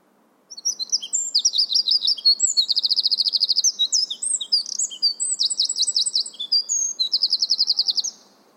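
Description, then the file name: Eurasian wren singing a long, continuous sequence of shrill notes and several rapid rattling trills, very high and fast, lasting about eight seconds. "Troglodytes troglodytes"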